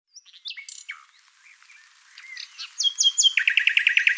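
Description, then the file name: Common nightingale song starting with soft scattered notes, then building to a loud, rapid run of evenly repeated chirps to the end. "Luscinia megarhynchos"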